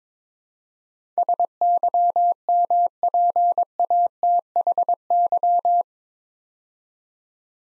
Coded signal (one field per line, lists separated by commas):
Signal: Morse code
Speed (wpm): 22 wpm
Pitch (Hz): 700 Hz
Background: none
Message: SYMPATHY